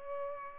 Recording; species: mosquito wingbeat signal from an infrared sensor; Culex pipiens